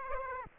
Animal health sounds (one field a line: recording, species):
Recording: mosquito wingbeat signal from an infrared sensor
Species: Aedes aegypti